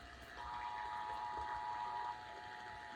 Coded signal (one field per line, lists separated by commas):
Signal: Emergency Alert System (SAME) tones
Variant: 853 and 960 Hz attention tone